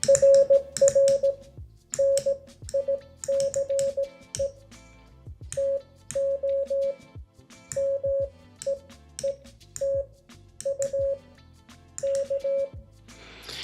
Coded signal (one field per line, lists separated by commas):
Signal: Morse code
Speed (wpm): 17 wpm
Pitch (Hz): 550 Hz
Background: music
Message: RR NICE TO MEET U K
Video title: Morse Code Tools | CW Practice and Games! 🤖